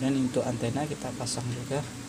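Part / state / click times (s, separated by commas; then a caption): antenna cable connector onto phone circuit board socket / not seated / none. During a phone repair, an antenna coax cable connector is handled over its socket on the phone's circuit board while someone talks. Nothing has seated or clicked yet; the clip ends before the connector is pressed home.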